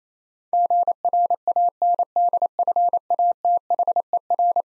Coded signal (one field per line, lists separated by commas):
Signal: Morse code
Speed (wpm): 27 wpm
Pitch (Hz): 700 Hz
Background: none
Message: GRANDFATHER